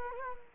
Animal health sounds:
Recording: mosquito wingbeat signal from an infrared sensor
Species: Culex quinquefasciatus

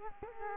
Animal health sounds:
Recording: mosquito wingbeat signal from an infrared sensor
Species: Culex quinquefasciatus

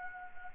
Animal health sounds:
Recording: mosquito wingbeat signal from an infrared sensor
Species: Anopheles gambiae

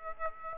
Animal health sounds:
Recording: mosquito wingbeat signal from an infrared sensor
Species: Aedes aegypti

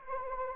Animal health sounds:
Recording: mosquito wingbeat signal from an infrared sensor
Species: Anopheles arabiensis

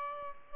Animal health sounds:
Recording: mosquito wingbeat signal from an infrared sensor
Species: Aedes albopictus

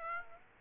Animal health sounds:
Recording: mosquito wingbeat signal from an infrared sensor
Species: Aedes aegypti

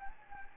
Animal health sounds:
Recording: mosquito wingbeat signal from an infrared sensor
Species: Anopheles gambiae

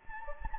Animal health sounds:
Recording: mosquito wingbeat signal from an infrared sensor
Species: Anopheles gambiae

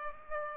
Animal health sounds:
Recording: mosquito wingbeat signal from an infrared sensor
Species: Culex pipiens

